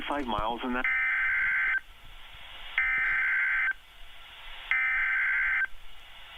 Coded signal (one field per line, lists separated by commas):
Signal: Emergency Alert System (SAME) tones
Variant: header bursts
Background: speech